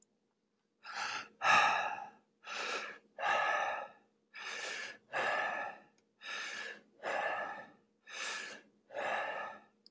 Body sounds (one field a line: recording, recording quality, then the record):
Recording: deep breathing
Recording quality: excellent, no background noise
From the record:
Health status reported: healthy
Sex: male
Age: 31 years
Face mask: not worn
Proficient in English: yes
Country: United States